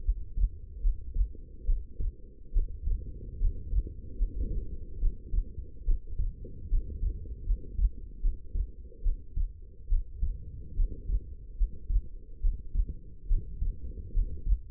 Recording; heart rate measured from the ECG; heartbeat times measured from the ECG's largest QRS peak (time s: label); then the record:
heart sounds by stethoscope; 72 bpm
0.04 s: heartbeat
0.82 s: heartbeat
1.65 s: heartbeat
2.52 s: heartbeat
3.39 s: heartbeat
4.17 s: heartbeat
4.99 s: heartbeat
5.84 s: heartbeat
6.69 s: heartbeat
7.45 s: heartbeat
8.21 s: heartbeat
9.02 s: heartbeat
9.88 s: heartbeat
10.75 s: heartbeat
11.56 s: heartbeat
12.40 s: heartbeat
13.27 s: heartbeat
14.12 s: heartbeat
From the record:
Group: healthy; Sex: female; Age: 19 years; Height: 163 cm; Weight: 51 kg